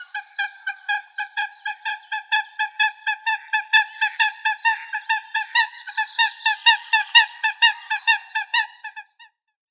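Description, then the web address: Eurasian coot calling in a fast, steady run of short nasal honking notes, continuing for about nine seconds before stopping abruptly. "Schulze Peter Eurasian Coot calls"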